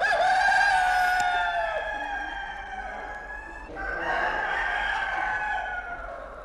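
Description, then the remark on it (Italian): A rooster crows twice, each call a loud, strained, harmonic cry that holds and then trails off, with a short pause between them and no voices. “Beh sì, dai, oggi il gallo sulla borsa ci sta, avete ragione, era colpa mia, e allora gallo sia”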